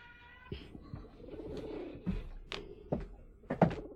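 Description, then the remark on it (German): A door is pushed shut with a few dull knocks and clunks spread over several seconds, ending in a firmer thud as it closes, over a low background rumble. “Könnten Sie bitte die Tür zumachen?”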